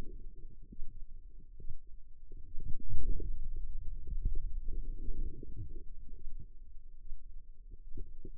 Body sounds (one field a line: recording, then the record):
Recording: forearm muscle sounds (acoustic myography)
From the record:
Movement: pen grasping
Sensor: system 2, bracelet of six BSWA MPA416 microphones around the upper forearm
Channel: 5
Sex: female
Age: 25 years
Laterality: right